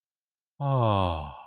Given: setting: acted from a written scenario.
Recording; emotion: vocal sound without words; relief